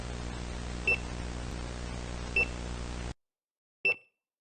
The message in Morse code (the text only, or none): none